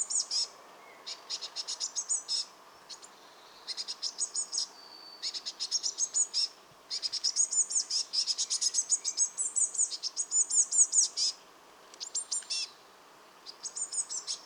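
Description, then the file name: Eurasian blue tit calling in repeated harsh, chattering bursts of quick high notes, broken by short gaps throughout. "Cyanistes caeruleus"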